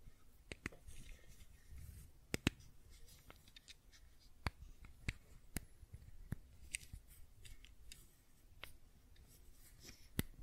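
Fidget cube tapping and clicking: sharp, irregular clicks every half second or so, with a low rumbling handling noise beneath them.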